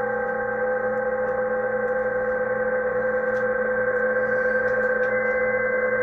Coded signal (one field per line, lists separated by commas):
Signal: PSK31